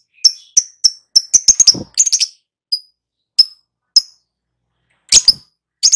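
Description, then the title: Lovebird chirps: sharp high chips and short screechy bursts come in irregular clusters, with gaps of silence between them. Prompting recording meant to get a lovebird to answer and sing loudly and continuously. "Pancingan Lovebird Agar Nyaut GACOR"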